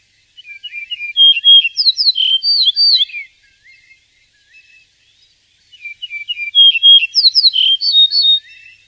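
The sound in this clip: Bird singing two rapid, warbling phrases of varied chirps and slurred whistles, each about three seconds long, separated by a short gap with a few soft notes.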